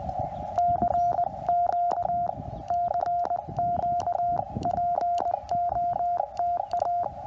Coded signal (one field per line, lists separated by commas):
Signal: Morse code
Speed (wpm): 20 wpm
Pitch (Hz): 700 Hz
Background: radio noise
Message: CQ CQ POTA